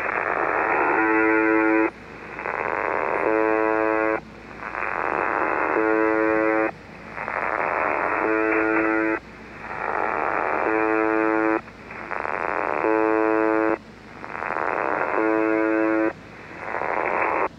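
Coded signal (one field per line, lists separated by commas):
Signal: channel marker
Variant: UVB-76 (The Buzzer)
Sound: harsh growling buzzes repeating about 25 per minute, with short gaps between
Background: radio static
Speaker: this really weird growling weird buzzing next to it but it is there so that's what you should hear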